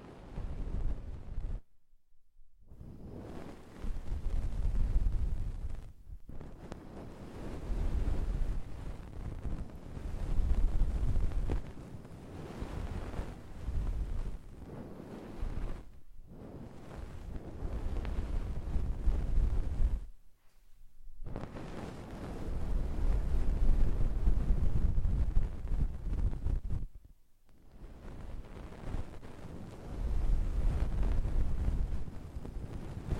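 Deep ear cleaning sounds: heavy, muffled rumbling and scraping that press against the microphone in long stretches. The rubbing is dense and low, cut by brief silent pauses around 2, 6, 16, 20 and 27 seconds before each new pass starts.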